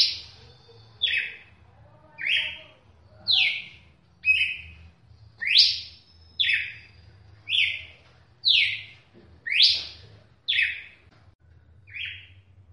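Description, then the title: Red-cowled cardinal delivering a series of sharp, slurred whistles roughly every second, with a constant low background hum. "Galo De Campina"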